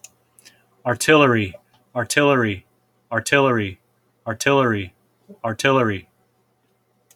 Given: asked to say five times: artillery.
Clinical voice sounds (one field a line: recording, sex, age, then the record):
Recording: repeated word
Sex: male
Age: 40 to 49 years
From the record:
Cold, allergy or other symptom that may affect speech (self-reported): no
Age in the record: 48 years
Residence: California, United States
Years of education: 14